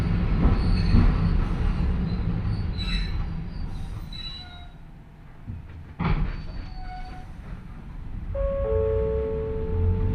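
A train with old-style nose-suspended traction motors grinds along, its low rumble heavy and dense for the first few seconds, then easing off. Around six seconds a sharp clunk cuts in, and near the end steady high whining tones rise over the returning rumble.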